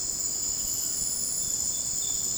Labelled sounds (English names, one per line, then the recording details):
none
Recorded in dense forest near Puerto Asís, Putumayo, Colombia, on 26 December 2024 at 01:00
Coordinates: 0.481, -76.323
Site G100